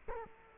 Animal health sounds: mosquito wingbeat signal from an infrared sensor; Culex quinquefasciatus

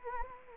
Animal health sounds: mosquito wingbeat signal from an infrared sensor; Anopheles gambiae

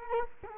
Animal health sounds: mosquito wingbeat signal from an infrared sensor; Culex quinquefasciatus

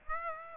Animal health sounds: mosquito wingbeat signal from an infrared sensor; Aedes aegypti

